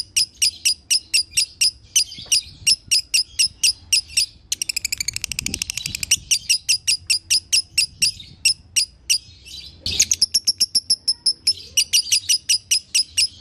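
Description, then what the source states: Lovebird chattering song: continuous shrill chips with rapid trilled passages. Lovebird singing in the konslet chattering style, presented as a masteran (song-training) recording.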